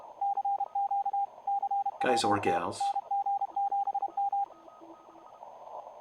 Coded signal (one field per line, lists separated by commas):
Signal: Morse code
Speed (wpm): 30 wpm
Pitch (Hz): 800 Hz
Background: speech, radio noise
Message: CQ CWT NG7M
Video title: NG7M Live CWOps CWT Mini / Utah Amateur Radio Club W7SP HF Remote